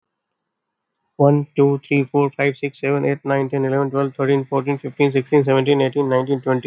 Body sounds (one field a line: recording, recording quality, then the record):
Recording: counting at a fast pace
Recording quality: excellent, no background noise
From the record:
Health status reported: healthy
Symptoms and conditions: none ticked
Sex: male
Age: 36 years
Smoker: not ticked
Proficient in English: yes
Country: India